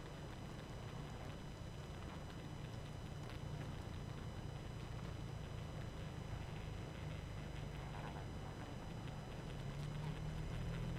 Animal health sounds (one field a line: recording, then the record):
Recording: honeybee colony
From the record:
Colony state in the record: active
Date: 12 June 2018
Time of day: 23:04